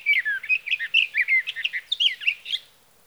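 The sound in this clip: Sage thrasher singing a rapid, jumbled series of sweet warbled notes and slurred whistles, phrases tumbling without pause for about two and a half seconds before fading.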